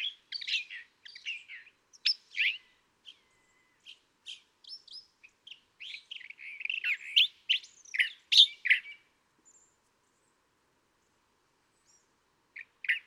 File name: California Thrasher